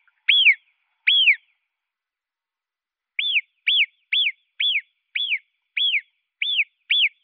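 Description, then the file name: Marmot whistles, sharp arched notes rising then falling, two spaced calls followed after a pause by a quicker series of about eight, each roughly half a second apart. "Murmeltier"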